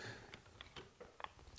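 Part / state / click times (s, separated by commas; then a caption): trolling motor release cable into top cap groove / seated / 1.2 s. With a Garmin Force Pro trolling motor in the stowed position, the deploy release cable is pressed into the groove in the plastic top cap so it sits on top, ready to pull to deploy the motor. Several small ticks and handling sounds lead up to a sharp click at 1.2 s as the cable seats in the groove, followed by one more faint tick.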